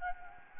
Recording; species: mosquito wingbeat signal from an infrared sensor; Anopheles gambiae